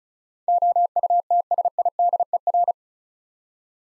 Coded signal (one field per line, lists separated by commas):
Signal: Morse code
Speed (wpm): 36 wpm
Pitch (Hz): 700 Hz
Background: none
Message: OUTSIDER